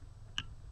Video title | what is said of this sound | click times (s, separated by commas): How to Clean Your Mass Air Flow Sensor (the right way) | that nice satisfying click. There it is. | 0.4 s